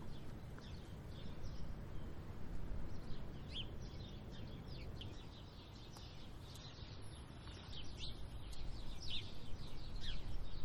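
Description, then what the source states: Sparrows giving rapid, overlapping chirps over strong, steady wind noise. Windy conditions.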